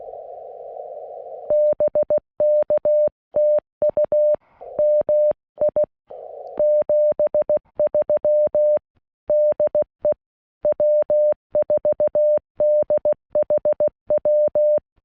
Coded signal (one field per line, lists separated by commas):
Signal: Morse code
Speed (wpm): 23 wpm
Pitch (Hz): 590 Hz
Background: none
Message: BK TU MI 73 DE W4DHW